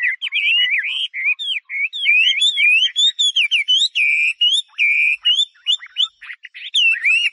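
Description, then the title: Chinese hwamei singing a rich, varied whistled song, with swooping notes and a couple of steady, held whistles midway. "画眉鸟的叫声"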